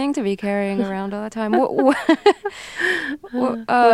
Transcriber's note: laughter